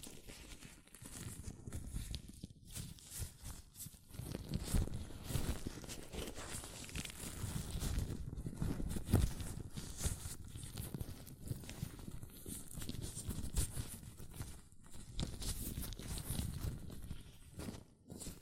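Hands in latex gloves rub, grip and rustle, making a dense run of soft, irregular squeaks and low thumping handling noise. The sound stays fairly steady for the whole stretch, with brief sharper snaps near the middle.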